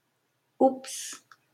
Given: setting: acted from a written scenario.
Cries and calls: vocal sound without words; embarrassment

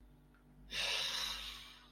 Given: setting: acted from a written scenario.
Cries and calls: vocal sound without words; sadness

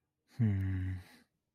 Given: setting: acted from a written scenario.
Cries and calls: vocal sound without words; sympathy

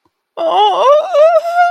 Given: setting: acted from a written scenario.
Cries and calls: vocal sound without words; sadness

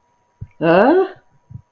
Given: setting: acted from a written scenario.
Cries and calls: vocal sound without words; negative surprise

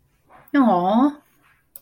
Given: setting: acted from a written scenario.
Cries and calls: vocal sound without words; adoration

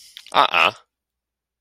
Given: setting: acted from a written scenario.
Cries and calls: vocal sound without words; negative surprise

